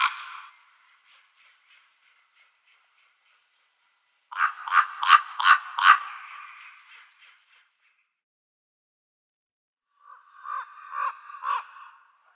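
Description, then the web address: Common raven giving rough rattling calls in short bursts separated by silent gaps, the middle burst loudest. "Schulze Peter Common Raven"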